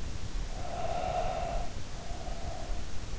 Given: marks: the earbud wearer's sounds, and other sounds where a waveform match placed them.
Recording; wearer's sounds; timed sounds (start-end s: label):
sounds in sleep by an in-ear microphone; breath
0.20-3.02 s: breath